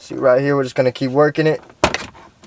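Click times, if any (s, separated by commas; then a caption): 1.8 s, 1.9 s. Someone talks while prying the shifter boot and AC control trim panel up from between the armrest and the center console of a 350Z. Its plastic push clips pop out with sharp snaps at 1.8 and 1.9 seconds, releasing the panel.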